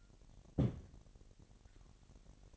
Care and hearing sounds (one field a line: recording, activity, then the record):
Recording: daily activity, microphone in the room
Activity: place on stove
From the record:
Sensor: 4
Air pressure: 1012.9 hPa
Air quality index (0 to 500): 239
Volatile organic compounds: 4 ppm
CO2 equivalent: 1590 ppm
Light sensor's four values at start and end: 27/65/26/25 and 27/65/26/25